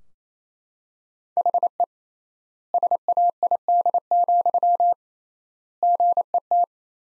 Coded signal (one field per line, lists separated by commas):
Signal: Morse code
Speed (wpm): 27 wpm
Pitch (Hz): 700 Hz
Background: none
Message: HE SAID, GET